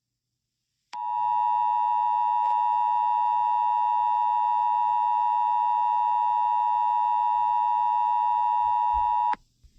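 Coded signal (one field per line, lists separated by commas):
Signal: Emergency Alert System (SAME) tones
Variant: 853 and 960 Hz attention tone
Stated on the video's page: Fictional scenario alert.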